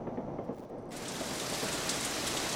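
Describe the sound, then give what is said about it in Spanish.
Heavy rain pours down in a steady, dense hiss, starting a little softer and swelling to a full, even roar after the first second, with no voices. “Ay, pero cómo llueve y yo que no me traje el paraguas.”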